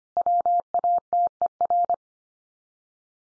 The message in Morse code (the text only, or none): WATER